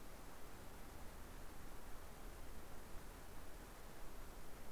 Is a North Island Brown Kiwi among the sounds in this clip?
no